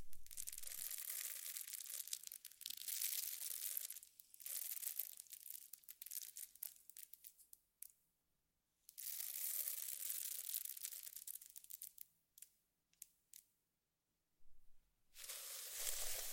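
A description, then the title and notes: Slime being squished and worked, a dense run of bright crackling, popping and squelching sounds. The crinkly texture comes in long busy stretches, with brief silences near 8 and 14 seconds and a few sharp isolated pops between them. ASMR Slime - SO Satisfying - ( No Talking).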